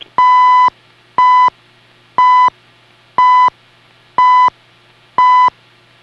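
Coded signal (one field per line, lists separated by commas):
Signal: radio time signal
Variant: CHU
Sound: six short, steady, bright 1 kHz beeps, evenly one second apart, on a quiet background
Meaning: Each beep marks one second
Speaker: there are beeps at every second with a voice giving the time at each minute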